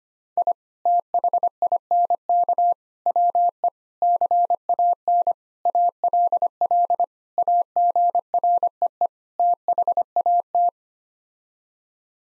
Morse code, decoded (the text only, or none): I THINK WE CAN ALL AGREE THAT